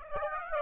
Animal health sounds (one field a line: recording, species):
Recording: mosquito wingbeat signal from an infrared sensor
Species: Aedes aegypti